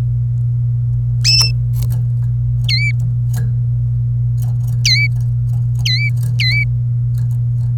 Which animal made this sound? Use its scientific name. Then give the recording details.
Serinus canaria. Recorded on 27 April 2018 at 07:40. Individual llb3